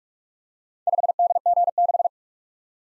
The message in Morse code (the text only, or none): 5DG6